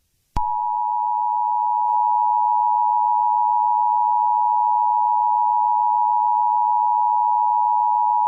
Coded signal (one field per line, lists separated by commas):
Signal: Emergency Alert System (SAME) tones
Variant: 853 and 960 Hz attention tone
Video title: EAS Scenario #18: Trevor Philips Rampage.